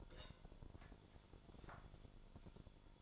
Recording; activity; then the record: daily activity, microphone in the room; take from stove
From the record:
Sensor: 5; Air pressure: 1008.2 hPa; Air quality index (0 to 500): 115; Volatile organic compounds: 1 ppm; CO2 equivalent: 887 ppm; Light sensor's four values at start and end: 27/59/25/25 and 27/60/25/25